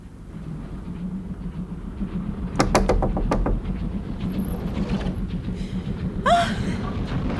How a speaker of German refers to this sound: Ich ging zurück und klopfte an die Tür meiner Freundin.